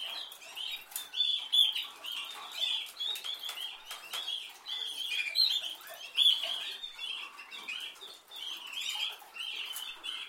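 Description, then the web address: Canary chirps and short high notes in loose, scattered bursts, softer and broken rather than flowing, with clicking sounds between phrases. "Canari Seda Canari"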